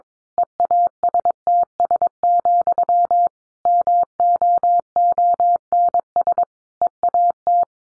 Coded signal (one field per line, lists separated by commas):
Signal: Morse code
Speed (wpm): 22 wpm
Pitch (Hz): 700 Hz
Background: none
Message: EASTS, MOONS EAT